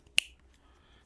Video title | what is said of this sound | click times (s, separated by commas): Fix My Hog (Episode 5) - LED Upgrade | you'll hear it click into place then you'll hear this one click into place | 0.2 s